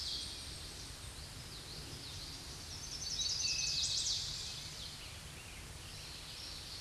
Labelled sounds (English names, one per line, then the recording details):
Chestnut-sided Warbler song
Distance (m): 40 m
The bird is about 10 m above the microphone
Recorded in a Pennsylvania forest on 16 May 2024 at 07:05
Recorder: AudioMoth, point MSD-1338
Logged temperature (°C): 12.6 °C
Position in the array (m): 81 m, 61 m